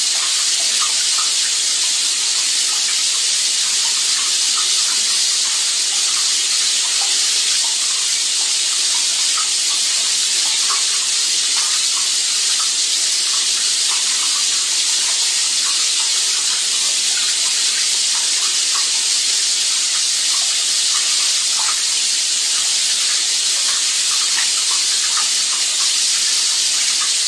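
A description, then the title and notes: A shower runs steadily, a dense bright hiss of falling water that never changes, with faint scattered droplet taps underneath and little low end. Tinnitus Therapy Audio - Shower Therapy Sounds.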